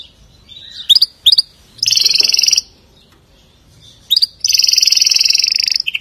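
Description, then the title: Atlantic canary song: a couple of sharp upslurred notes, a short buzzy trill, a pause, then more notes and a long rapid trill. "Kenari"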